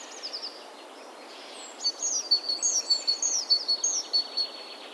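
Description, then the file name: Great tit: faint chirps early, then after a short gap a rapid string of high notes lasting most of the rest. "Parus major"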